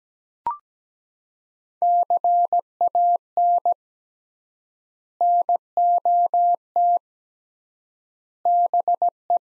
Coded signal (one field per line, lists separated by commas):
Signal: Morse code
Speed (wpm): 17 wpm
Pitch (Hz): 700 Hz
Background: none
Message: CAN NOT BE